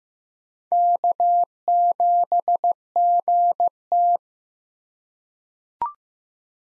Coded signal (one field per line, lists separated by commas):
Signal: Morse code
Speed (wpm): 16 wpm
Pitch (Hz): 700 Hz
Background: none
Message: K7GT